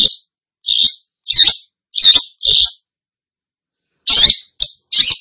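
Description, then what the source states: Long-tailed shrike song: a series of loud harsh scratchy notes spaced by short gaps and one longer pause. Described as 'gacor', meaning singing vigorously.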